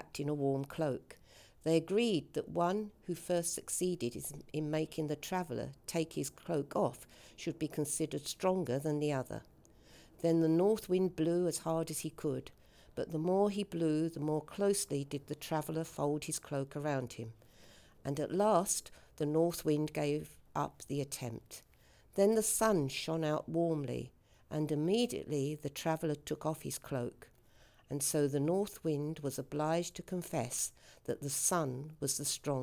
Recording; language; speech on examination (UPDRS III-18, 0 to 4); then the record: text read into a phone; English; 0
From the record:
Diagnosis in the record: healthy control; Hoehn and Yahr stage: 0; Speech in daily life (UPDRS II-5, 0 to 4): 0